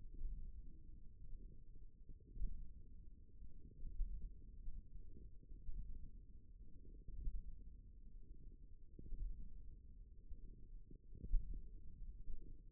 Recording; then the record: forearm muscle sounds (acoustic myography)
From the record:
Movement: hand closing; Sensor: system 1, eight BSWA MPA416 microphones around the upper forearm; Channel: 1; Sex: female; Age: 21 years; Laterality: right